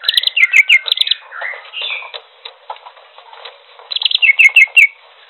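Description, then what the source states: Greater green leafbird song: rapid chattering bursts of sharp repeated notes at the start and again near the end, with softer warbling between. Local name cucak hijau; described as gacor, singing vigorously and continuously.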